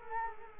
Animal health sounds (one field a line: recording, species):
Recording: mosquito wingbeat signal from an infrared sensor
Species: Culex quinquefasciatus